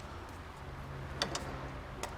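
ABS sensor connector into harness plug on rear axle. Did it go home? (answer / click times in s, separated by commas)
no / none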